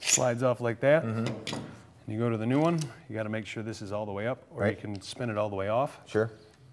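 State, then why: Not seated. A DeWALT DWP611PK 1-1/4 HP variable speed compact router motor unit is handled as it is taken off one base and readied to go into the new base, with the adjuster spun all the way up. Two people talk throughout, with faint handling sounds underneath. The motor has not yet seated or clicked into the base.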